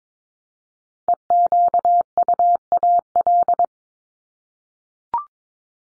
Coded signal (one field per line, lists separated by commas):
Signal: Morse code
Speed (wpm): 22 wpm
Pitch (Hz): 700 Hz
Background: none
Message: EQUAL